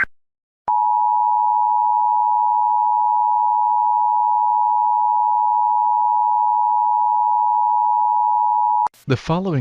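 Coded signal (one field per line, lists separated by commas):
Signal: Emergency Alert System (SAME) tones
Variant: 853 and 960 Hz attention tone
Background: speech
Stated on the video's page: Simulated EAS scenario.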